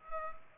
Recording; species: mosquito wingbeat signal from an infrared sensor; Culex pipiens